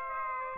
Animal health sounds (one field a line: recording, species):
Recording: mosquito wingbeat signal from an infrared sensor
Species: Aedes aegypti